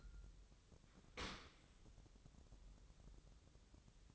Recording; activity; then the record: daily activity, microphone in the room; open dishwasher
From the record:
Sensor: 3